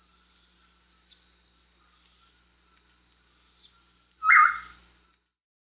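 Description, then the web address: Black-capped tinamou call: one brief, full whistled note near the end that quickly fades, over a steady high-pitched insect drone. Amazon region of Peru. "Birds of the Amazon. Black-capped Tinamou (Crypturellus atrocapillus), Peru"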